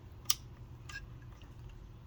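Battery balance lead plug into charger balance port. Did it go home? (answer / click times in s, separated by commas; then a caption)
yes / 0.3 s. A LiPo battery's plastic balance lead plug is pushed into the balance port of a Common Sense RC Lectron Pro AC/DC-DUO LiPo charger. It gives a sharp click at 0.3 s and seats, staying in, followed by fainter handling sounds against a low background hum.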